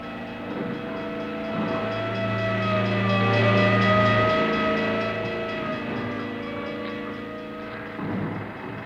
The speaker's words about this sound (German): Was ist das? Eine Sirene?